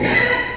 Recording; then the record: squeal of a Yucatan mini pig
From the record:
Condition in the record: before surgery on the right vocal fold (resection and tissue-engineered implant); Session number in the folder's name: 2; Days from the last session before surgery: 0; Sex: male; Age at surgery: 12 weeks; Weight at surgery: 13 kg